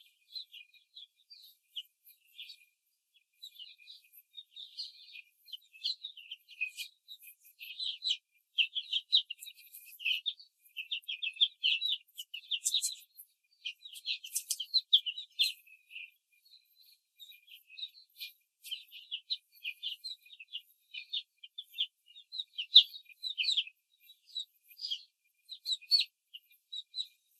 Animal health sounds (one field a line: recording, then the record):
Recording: young laying hens in a cage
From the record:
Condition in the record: control cage, before the stress test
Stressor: none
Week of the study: 4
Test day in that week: 1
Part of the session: 1